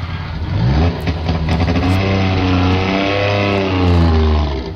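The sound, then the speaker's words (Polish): A Syrena car engine, a Polish-designed car first produced in 1957, revs loudly and steadily, its buzzing pitch climbing and dipping through several throttle surges over about five seconds, with no voices. “A w kalendarzu także pamiętamy o roku 1957, właśnie 20 marca, równo 60 lat temu rozpoczęto produkcję Syreny, samochodu polskiej konstrukcji.”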